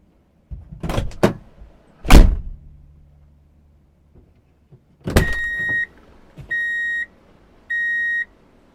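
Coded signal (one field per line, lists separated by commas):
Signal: alarm pattern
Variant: vehicle reversing beeper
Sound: a few clunks and a thud, then three evenly spaced steady high beeps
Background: car door and mechanical clunks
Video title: Drive in Reverse Beep Alert - Sound Effect [4K]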